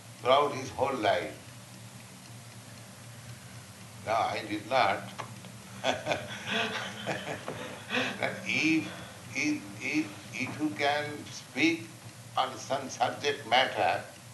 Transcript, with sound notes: throughout his whole life. Now, I did not... [laughs] But if you can speak on some subject matter